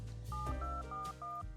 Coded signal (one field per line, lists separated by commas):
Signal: DTMF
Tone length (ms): 210 ms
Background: music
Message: 7241